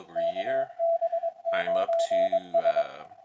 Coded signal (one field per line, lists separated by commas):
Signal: Morse code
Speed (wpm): 23 wpm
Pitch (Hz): 650 Hz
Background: speech, radio noise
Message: KB9S